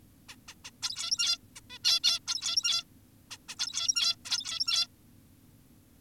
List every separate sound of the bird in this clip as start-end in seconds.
0.29-0.36, 0.48-0.55, 0.65-0.71, 0.83-1.38, 1.56-1.60, 1.70-1.78, 1.84-2.00, 2.04-2.20, 2.28-2.84, 3.31-3.38, 3.49-3.56, 3.59-4.16, 4.25-4.87